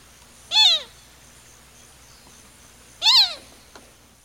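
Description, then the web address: Azure gallinule calls: two loud, nasal, downslurred notes with a cat-like quality, about two and a half seconds apart, over a faint steady background hiss. Recorded in Ecuador. "Birds of Ecuador. Azure Gallinule"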